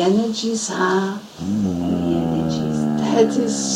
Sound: Kirsty, the collie dog makes a noise very loudly